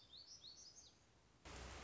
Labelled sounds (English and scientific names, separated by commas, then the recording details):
Black-throated Gray Warbler (Setophaga nigrescens)
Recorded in Sonoma County, California